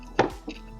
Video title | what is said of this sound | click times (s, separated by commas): Z-4 Electric Powered Mobility Scooter Quick Assemble - Disassemble - ComfyGO Mobility | just pop it right into place and you'll hear a snapping and | 0.2 s